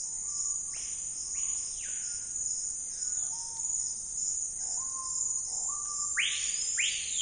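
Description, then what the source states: Screaming piha calls twice: low steady introductory notes, then two loud whistled notes rising sharply and falling, against a constant shrill insect chorus. Wild birds in the Amazon Basin rainforest, area of dense canopy but sparse undergrowth, on a calm afternoon, calling amid an insect and frog chorus.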